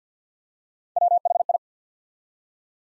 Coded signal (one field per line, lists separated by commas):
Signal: Morse code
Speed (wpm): 50 wpm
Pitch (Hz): 700 Hz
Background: none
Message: WHI